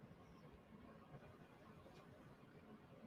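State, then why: Not seated. A magnetic nasal dilator is pressed toward the adhesive strips on a nose, but only a steady low rumble of background noise is heard, with no distinct sharp sounds. The dilator has not clicked on, because one of the adhesive strips had been pulled off.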